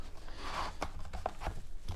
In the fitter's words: Okay, so now that's locked into place.